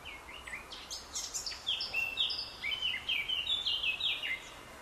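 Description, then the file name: Eurasian blackcap song: a lively stream of mixed warbling and fluty whistled notes, quick descending slurs repeated in a rolling series, with soft hiss behind. "Sylvia atricapilla"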